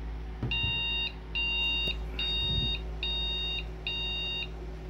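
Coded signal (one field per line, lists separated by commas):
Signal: beep code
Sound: five equal high-pitched electronic beeps, evenly spaced, each about half a second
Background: room hum, faint handling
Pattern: 5 short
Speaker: agora deu mais bips hein 1 2 3 4 5 cinco bips galera cinco bips o que que é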